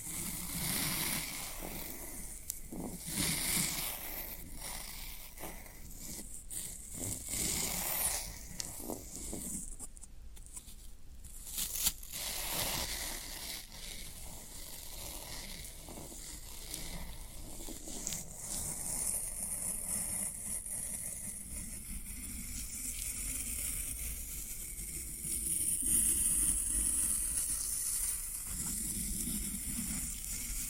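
Floral foam being handled makes a continuous dense crackling and scratching, bright and hissy, with brief louder scrapes and a faint low rumble throughout.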